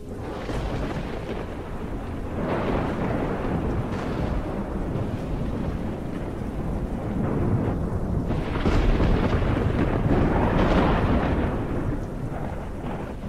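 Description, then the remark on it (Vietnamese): A lightning bolt strikes straight down into a chasm with a crack, followed by deep, rolling thunder that shakes a cave, rumbling continuously, swelling louder in the middle and again toward the end, with no voices. “Một tia sét đột nhiên đánh thẳng xuống vực, làm cho hang động như ầm ầm rung chuyển.”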